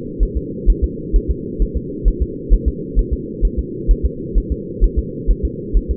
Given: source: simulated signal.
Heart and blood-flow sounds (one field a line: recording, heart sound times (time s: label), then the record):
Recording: fetal heart sounds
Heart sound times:
0.23 s: S1
0.37 s: S2
0.70 s: S1
0.84 s: S2
1.16 s: S1
1.31 s: S2
1.62 s: S1
1.77 s: S2
2.08 s: S1
2.22 s: S2
2.53 s: S1
2.68 s: S2
2.99 s: S1
3.13 s: S2
3.45 s: S1
3.59 s: S2
3.91 s: S1
4.06 s: S2
4.38 s: S1
4.52 s: S2
4.84 s: S1
4.99 s: S2
5.31 s: S1
5.45 s: S2
5.77 s: S1
5.91 s: S2
From the record:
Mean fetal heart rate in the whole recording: 130 bpm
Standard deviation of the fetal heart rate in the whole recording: 2 bpm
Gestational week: 36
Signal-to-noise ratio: -4.1 dB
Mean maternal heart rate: no maternal heart sound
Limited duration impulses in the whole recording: absent